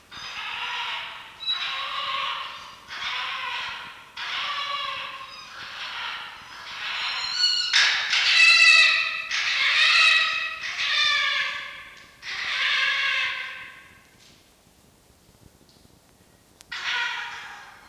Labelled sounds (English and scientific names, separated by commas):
Red Fox (Vulpes vulpes)